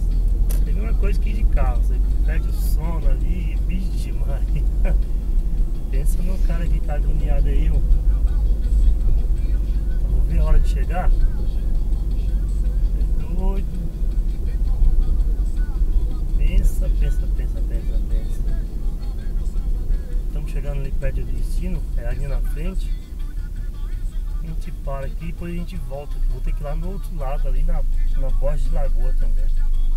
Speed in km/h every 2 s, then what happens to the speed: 46, 48, 48, 49, 50, 50, 49, 48, 45, 41, 33, 23, 15, 7, 1.
0-10 steady at about 48. 10-30 slows to 1.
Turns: none.